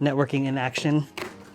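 A part of a desk storage unit is being handled as it is fitted into its frame during assembly. Someone talks for about the first second, followed by quieter handling noise with a small bump around 1.2 s. The part has not seated or clicked into place yet.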